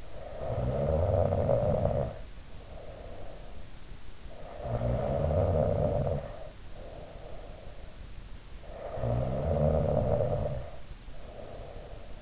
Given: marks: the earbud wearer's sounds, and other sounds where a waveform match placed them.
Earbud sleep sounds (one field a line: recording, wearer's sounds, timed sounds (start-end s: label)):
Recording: sounds in sleep by an in-ear microphone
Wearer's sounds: snoring breath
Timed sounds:
0.00-3.88 s: snoring breath
4.34-7.83 s: snoring breath
8.57-12.22 s: snoring breath